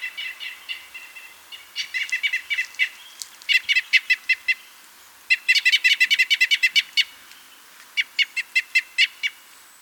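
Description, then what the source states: Crossbill calls: bursts of sharp, clipped 'kip' notes in quick runs, some groups fast and dense, separated by short pauses. Comparison of crossbill call types 3 and 8.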